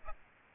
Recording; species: mosquito wingbeat signal from an infrared sensor; Aedes albopictus